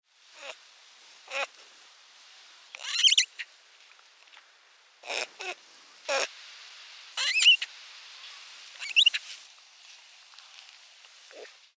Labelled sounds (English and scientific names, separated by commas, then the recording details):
Northern Plains Gray Langur (Semnopithecus entellus)
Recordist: Tembrock, Günter
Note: Rufe eines Weibchens